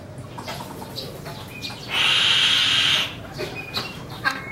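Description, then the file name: Indochinese green magpie giving a loud, sustained, shrill whistled call for about a second, with a few faint thin whistles and a rustling background. A bird of Vietnam. "Cac Loai Chim Viet Nam - Gie Cui Bung Vang"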